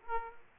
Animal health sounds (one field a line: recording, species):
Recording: mosquito wingbeat signal from an infrared sensor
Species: Aedes aegypti